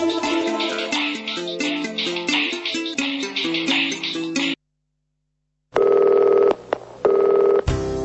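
An electronic telephone ring plays as a quick, bright stepping melody for several seconds, then stops; after a pause, loud steady dialing tones follow, broken by a couple of short gaps.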